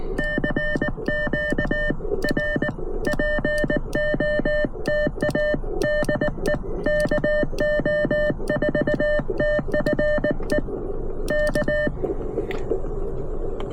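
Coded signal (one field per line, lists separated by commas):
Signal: Morse code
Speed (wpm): 19 wpm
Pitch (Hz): 600 Hz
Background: music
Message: CQ R POTA DE KO4TFE K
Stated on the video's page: POTA park activation, QRP CW from a car with CFT1 QRP transceiver, Palm Pico Paddle, 17-foot whip antenna; includes a QRP-to-QRP contact.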